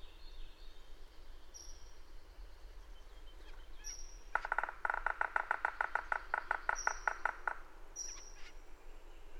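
Bird song: a fast, even rattle of many harsh notes lasting about three seconds, framed by short, high, thin whistles before and after.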